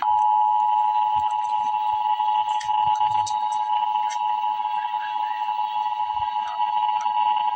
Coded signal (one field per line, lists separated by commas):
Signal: Emergency Alert System (SAME) tones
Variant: 853 and 960 Hz attention tone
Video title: Emergency Alert System - Severe Thunderstorm Watch - Mar 30, 2025 at 5:25 PM EDT